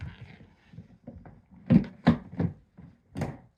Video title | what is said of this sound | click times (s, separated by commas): How To Use Tommee Tippee Twist and Click Advanced Nappy Disposal System. Quick, simple, easy. | And then it just clicks back in place. | 2.1 s